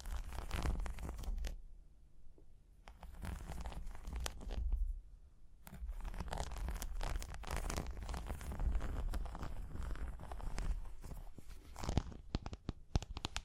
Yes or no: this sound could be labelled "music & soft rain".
no